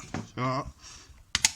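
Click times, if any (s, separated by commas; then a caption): 1.4 s, 1.5 s. A plastic cover plate is pressed down at several points onto a triple wall socket base so its clips snap into place. Someone talks briefly, then two sharp clicks sound at 1.4 s and 1.4 s (1.35 and 1.45 s) as the clips seat, confirming the cover is clipped on.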